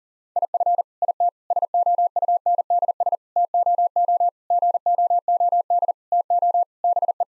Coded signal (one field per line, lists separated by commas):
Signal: Morse code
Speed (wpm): 40 wpm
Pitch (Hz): 700 Hz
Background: none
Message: IF IT SOUNDS TOO GOOD TO BE